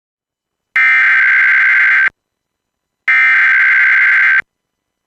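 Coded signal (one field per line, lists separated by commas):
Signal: Emergency Alert System (SAME) tones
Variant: header bursts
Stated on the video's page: AMBER Alert child abduction emergency for Texas, relayed on a broadcast station.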